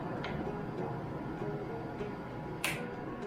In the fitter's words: Yes, that little click right there. Now I know that's on there.